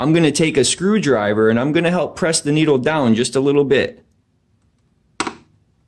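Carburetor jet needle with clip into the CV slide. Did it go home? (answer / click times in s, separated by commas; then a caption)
yes / 5.2 s. Someone talks, then a screwdriver presses the metal carburetor jet needle with its clip down into the CV slide of a 139QMB/GY6 scooter CVK carb. A sharp click sounds at 5.2 s as the needle and clip drop into their groove and seat.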